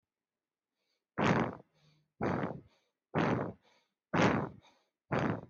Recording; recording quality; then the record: shallow breathing; moderate, slight background noise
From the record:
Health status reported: healthy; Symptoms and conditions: asthma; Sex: male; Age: 30 years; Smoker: yes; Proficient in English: yes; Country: India